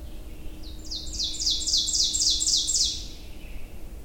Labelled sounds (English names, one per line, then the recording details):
Ovenbird song
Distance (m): 10 m
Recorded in boreal forest in Alberta, Canada, on 22 June 2016 at 07:41
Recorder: SongMeter 3, array SBT-6-76
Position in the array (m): 158 m, 114 m
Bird 3